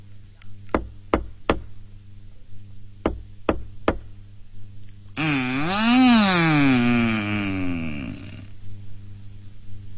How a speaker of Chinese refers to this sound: 唐三藏下了白龙马，前去一户人家敲门。